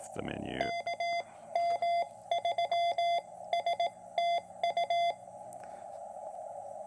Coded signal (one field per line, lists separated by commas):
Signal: Morse code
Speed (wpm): 19 wpm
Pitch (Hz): 700 Hz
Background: speech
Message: KM3STU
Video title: POTA Test: Exploring the QMX High-Band & Lightweight Explorer Carbon Fiber Mast!